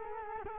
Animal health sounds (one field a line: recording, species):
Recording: mosquito wingbeat signal from an infrared sensor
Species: Culex quinquefasciatus